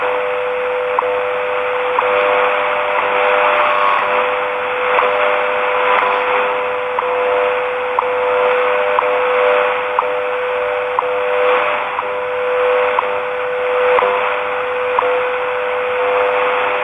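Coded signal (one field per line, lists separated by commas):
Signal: radio time signal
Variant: WWV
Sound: steady low tone through hiss, broken by a short tick every second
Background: radio static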